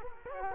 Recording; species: mosquito wingbeat signal from an infrared sensor; Culex quinquefasciatus